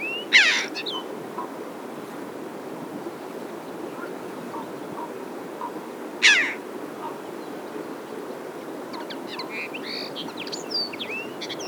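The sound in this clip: Red-billed chough calling twice, each a loud harsh burst about six seconds apart, with other small birds chattering near the end against a hiss.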